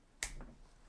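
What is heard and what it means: The metal handle of a Leatherman Skeletool Topo multi-tool is swung open and snaps into its open position with a sharp click at 0.2 s, followed by a softer tap at 0.4 s. The handle is seated and holds in place rather than staying loose.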